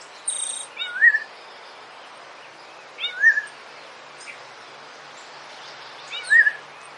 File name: canto do sabia laranjeira